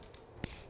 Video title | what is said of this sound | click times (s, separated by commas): Dr. Victor C. Apel on Innovations in Health - Mini Dental Implants in Melbourne, FL | that your denture is going to fall out or that you're going to have a problem with your teeth and it snaps | 0.4 s